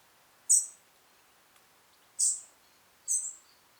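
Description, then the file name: European robin calls, three sharp high ticking notes, the last two closer together, against a quiet background. "Erithacus rubecula"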